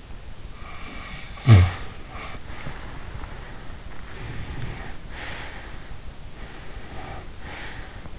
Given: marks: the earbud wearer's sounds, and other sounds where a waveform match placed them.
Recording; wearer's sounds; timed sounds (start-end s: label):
sounds in sleep by an in-ear microphone; snoring breath, breath
0.64-3.93 s: snoring breath
4.01-6.28 s: breath
6.44-8.19 s: breath